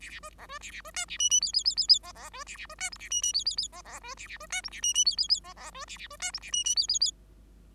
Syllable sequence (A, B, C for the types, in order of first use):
A A B C B A A B D A E E F F F F F C C B A A B D G A E E F F F C C B A A B D G A E E F F F C C B A A B D G A E E F F F